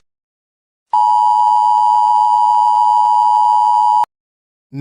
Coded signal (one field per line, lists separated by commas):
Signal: Emergency Alert System (SAME) tones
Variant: 853 and 960 Hz attention tone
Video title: EAS Scenario - Planets have disappeared